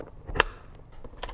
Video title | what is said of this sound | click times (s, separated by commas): Simple Swiffer vs A Steam Mop! 💪 | it looks like this just kind of snaps in place right here | 0.4 s